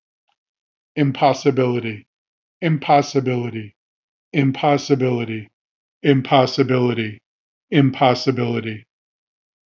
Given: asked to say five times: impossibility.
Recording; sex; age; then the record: repeated word; male; 50 to 59 years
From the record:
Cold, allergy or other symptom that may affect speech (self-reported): no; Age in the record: 58 years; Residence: Massachusetts, United States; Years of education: 19